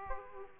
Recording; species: mosquito wingbeat signal from an infrared sensor; Aedes aegypti